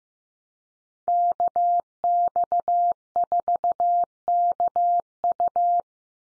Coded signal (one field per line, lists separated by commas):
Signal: Morse code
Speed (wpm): 15 wpm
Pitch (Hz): 700 Hz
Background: none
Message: KX4KU